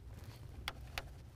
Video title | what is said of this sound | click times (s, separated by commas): How to Install Pace Edwards JackRabbit Tonneau Cover on 2014-2017 Chevy Silverado | the drain tube in place you'll hear it snap in position now | 0.7 s, 1.0 s